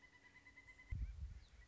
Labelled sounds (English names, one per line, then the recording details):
Pileated Woodpecker
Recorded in Sonoma County, California